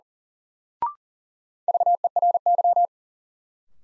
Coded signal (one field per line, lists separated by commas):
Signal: Morse code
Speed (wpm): 37 wpm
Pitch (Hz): 700 Hz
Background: none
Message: VERY